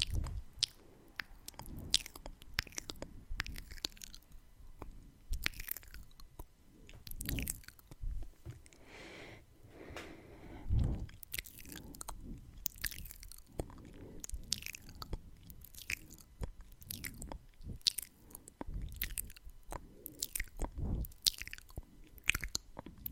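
Tongue clicks and wet kissing sounds come in quick, irregular bursts, sharp and bright, crowding together for most of the 23 seconds. Around the middle they thin out and a soft breath rises and falls, with low rubbing touches scattered throughout.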